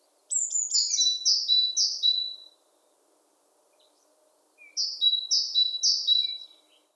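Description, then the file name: Great tit song opening with quick falling notes that lead into repeated two-part phrases, a high slurred note then a lower steady note, with a second bout after a pause. "Parus major"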